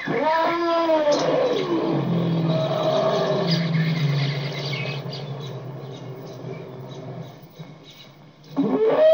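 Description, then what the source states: Elephant trumpet, harmonic wavering blast sliding into a long low rumbling roar, with faint bird calls behind and a fresh loud burst at the end. Elephant trumpet with bird ambience.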